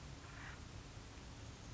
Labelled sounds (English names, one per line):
Acorn Woodpecker